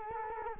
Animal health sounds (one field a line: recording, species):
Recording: mosquito wingbeat signal from an infrared sensor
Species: Culex quinquefasciatus